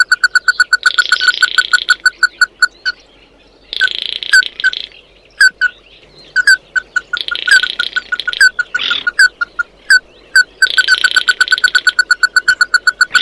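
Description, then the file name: Bird giving repeated short piped notes in quick series, broken by several long buzzy, grating phrases and brief pauses. "Tieng chim mat do"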